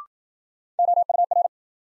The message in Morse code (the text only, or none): OUR